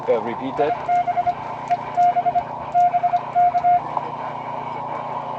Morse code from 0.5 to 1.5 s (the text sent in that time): IB